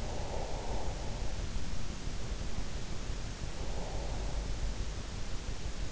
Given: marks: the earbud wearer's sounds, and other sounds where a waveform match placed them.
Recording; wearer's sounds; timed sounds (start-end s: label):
sounds in sleep by an in-ear microphone; breath
0.00-1.52 s: breath
3.49-5.01 s: breath